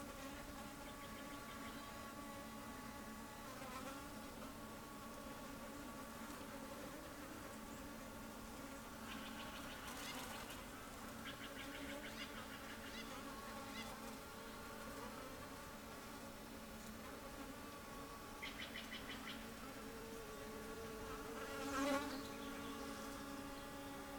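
A cloudy night beside Taylor Lake carries a steady, even buzzing hum, like insects droning, with several stacked tones that hold level throughout. Short brighter rasping bursts break in now and then, near 4, 10, 19 and 22 seconds.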